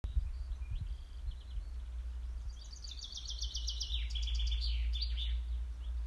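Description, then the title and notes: Common chaffinch song: a quick run of bright, clipped notes that drops in pitch, finishing with a brief flourish, over a steady low rumble. Male. "Bokfink hann Av Eirik Laksemo"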